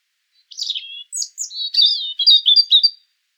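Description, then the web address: European Robin giving a flowing, high warbling phrase of slurred whistles and quick twittering notes that grows louder toward the end, with no other sounds. "erithacus rubecula call"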